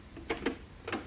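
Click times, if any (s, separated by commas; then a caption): 0.5 s. A plastic mounting pole, its grooves aligned to the plastic edge inside a weather station sensor base, is twisted into the sensor. A few short plastic ticks are heard, the sharpest a click at 0.5 s, followed by a longer scraping tick near 0.9 s. The pole clicks in and is seated.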